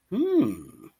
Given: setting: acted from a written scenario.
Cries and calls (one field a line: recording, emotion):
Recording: vocal sound without words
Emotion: interest